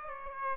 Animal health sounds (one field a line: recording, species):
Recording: mosquito wingbeat signal from an infrared sensor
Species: Aedes aegypti